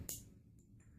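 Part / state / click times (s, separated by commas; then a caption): RJ45 cable plug into port lock blocker / seated / 0.1 s. An unbooted plastic RJ45 network cable plug is pushed into the second side of a secure port lock blocker until its latch clicks. One sharp, short click is heard at 0.1 s, followed by quiet low background sound with faint high ticks. The plug is seated in the blocker.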